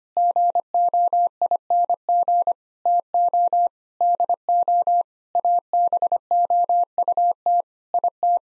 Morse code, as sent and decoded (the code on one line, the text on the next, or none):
--. --- .. -. --. / - --- / -.. --- / .- -... --- ..- - / .. -
GOING TO DO ABOUT IT